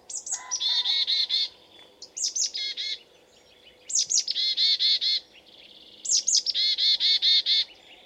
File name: Poecile palustris